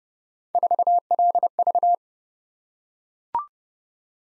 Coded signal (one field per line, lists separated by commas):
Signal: Morse code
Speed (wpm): 30 wpm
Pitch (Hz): 700 Hz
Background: none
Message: 4LV